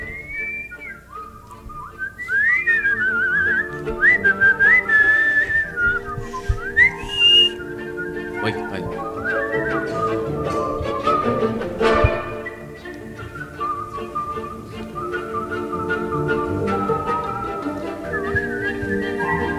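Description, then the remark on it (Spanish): Someone whistles a wandering, melodic tune with sliding high notes over a steady, fairly loud background of music or noise, pausing briefly before picking up the melody again. “Estás encantado con el chiflido.”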